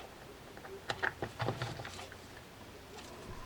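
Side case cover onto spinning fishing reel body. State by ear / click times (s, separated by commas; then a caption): not seated / none. A Shimano Baitrunner 6500 OC spinning fishing reel has its side case cover handled against the reel body after the bearings are oiled. Several sharp taps and clicks of handling are heard between about 0.9 and 1.9 seconds. Nothing has seated or snapped into place yet.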